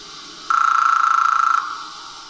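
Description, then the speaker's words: Hairy Woodpecker drumming: one fast, even roll of closely spaced beats lasting about a second, then stopping abruptly. Drumming is faster than a Downy Woodpecker's, with more beats per unit of time, though hard to distinguish in the field when only one is heard. "Yeah, let's listen to a hairy drumming."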